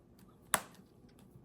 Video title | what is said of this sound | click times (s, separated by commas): Macbook Air M4 Starlight Unboxing & Accessories | You hear a click | 0.5 s